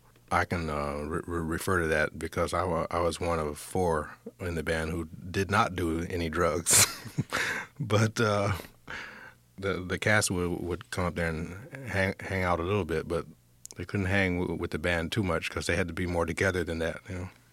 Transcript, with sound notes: I can refer to that because I was one of four in the band who did not do any drugs. (laughter) But the cast would come up there and hang out a little bit, but they couldn't hang with the band too much 'cause they had to be more together than that, you know.